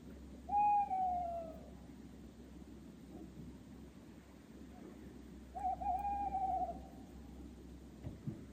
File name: Tawny Owl